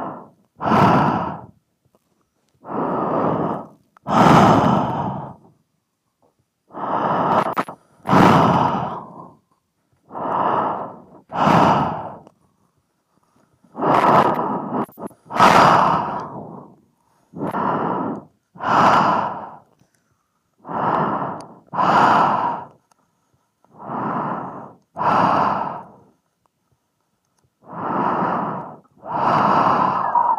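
Heavy breathing into a microphone, with regular in-and-out breaths about every second or so across the whole thirty seconds. Each breath is a thick, airy rush with strong low rumble and hiss, separated by short silent gaps.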